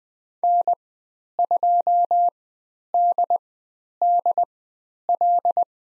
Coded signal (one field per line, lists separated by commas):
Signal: Morse code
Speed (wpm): 20 wpm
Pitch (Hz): 700 Hz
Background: none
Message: N2DDL